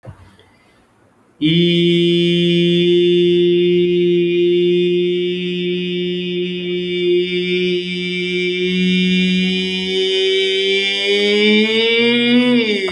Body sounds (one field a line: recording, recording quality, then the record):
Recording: sustained vowel as in beet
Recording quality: excellent, no background noise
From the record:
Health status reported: exposed to COVID-19, no respiratory illness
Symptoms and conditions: loss of smell and taste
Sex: male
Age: 33 years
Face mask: not worn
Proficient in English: yes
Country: India